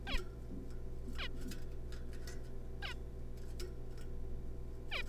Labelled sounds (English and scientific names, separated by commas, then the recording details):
Zebra Finch (Taeniopygia guttata)
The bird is a juvenile
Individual R3549